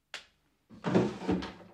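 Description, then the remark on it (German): A brief wooden knock, then after a pause a longer scraping slide as a nightstand drawer is pulled open, ending with a soft thud. No one speaks. “In der Schublade.”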